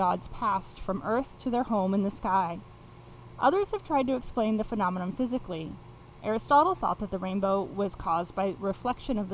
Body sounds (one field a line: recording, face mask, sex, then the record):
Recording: reading aloud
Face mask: none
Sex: female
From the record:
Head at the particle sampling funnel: facing it